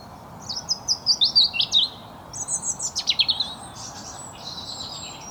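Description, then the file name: European robin song: two quick bursts of high, thin, tinkling notes, the second with rapid sharp trills, then a quiet trailing warble over soft background hiss. "Erithacus rubecula"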